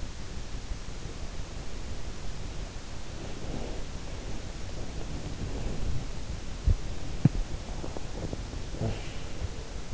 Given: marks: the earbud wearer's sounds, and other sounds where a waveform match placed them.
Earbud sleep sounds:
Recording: sounds in sleep by an in-ear microphone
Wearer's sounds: body movement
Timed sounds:
0.46-9.94 s: body movement

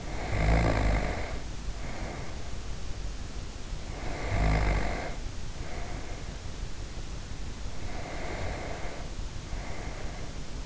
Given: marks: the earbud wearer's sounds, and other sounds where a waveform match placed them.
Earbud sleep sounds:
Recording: sounds in sleep by an in-ear microphone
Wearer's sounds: snoring breath, breath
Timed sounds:
0.00-2.62 s: snoring breath
3.65-6.37 s: snoring breath
8.11-10.66 s: breath

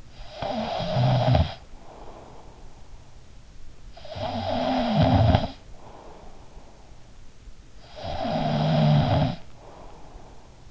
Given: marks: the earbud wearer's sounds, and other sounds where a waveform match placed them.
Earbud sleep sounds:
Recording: sounds in sleep by an in-ear microphone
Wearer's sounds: snoring breath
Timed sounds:
0.00-2.91 s: snoring breath
3.57-7.00 s: snoring breath
7.74-10.71 s: snoring breath

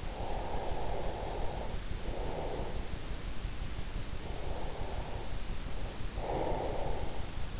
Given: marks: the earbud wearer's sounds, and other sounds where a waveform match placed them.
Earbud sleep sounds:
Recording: sounds in sleep by an in-ear microphone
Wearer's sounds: breath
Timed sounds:
0.11-3.89 s: breath
4.23-7.60 s: breath

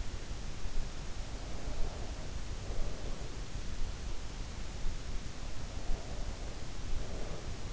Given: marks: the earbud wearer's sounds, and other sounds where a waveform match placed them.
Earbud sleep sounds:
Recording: sounds in sleep by an in-ear microphone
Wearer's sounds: breath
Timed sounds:
1.40-3.54 s: breath
5.59-7.73 s: breath

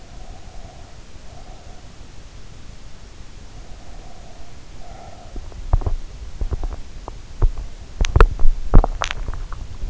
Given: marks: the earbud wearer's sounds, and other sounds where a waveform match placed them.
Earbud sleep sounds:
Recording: sounds in sleep by an in-ear microphone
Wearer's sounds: breath, teeth grinding, swallowing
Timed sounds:
0.00-2.52 s: breath
3.73-5.43 s: breath
5.67-8.64 s: teeth grinding
8.82-9.81 s: swallowing

